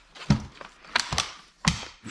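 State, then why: Seated. A folded Hauck Walk N Care pushchair frame is unfolded and its folding joints lock open, with a series of sharp plastic and metal clicks and knocks. The main clicks come at 1.0 s and 1.7 s, and the frame is seated and locked in place.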